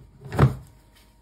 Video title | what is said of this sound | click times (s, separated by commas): Blue Diamond Automatic Egg Incubator - Set-up and Operation video - Delta Incubators | You'll feel it snap into place. | 0.4 s